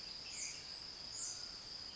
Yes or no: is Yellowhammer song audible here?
no